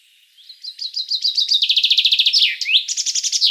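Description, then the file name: Common chaffinch song: a bright series of repeated chirps speeding into a rapid rattling trill, closing with a downward flourish. "Fringilla coelebs"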